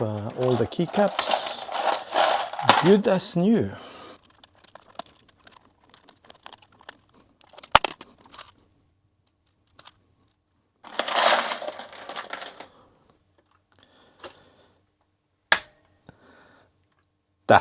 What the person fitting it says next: that snap sound is very satisfying